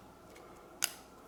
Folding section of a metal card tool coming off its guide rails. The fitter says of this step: there we go okay so i got to pop off so obviously you can see the